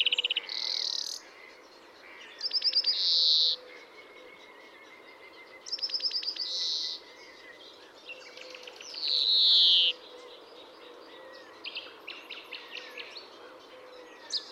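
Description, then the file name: European greenfinch mixing short rattling trills with nasal wheezes, then scattered soft chirps and a final brief note. "Chloris chloris"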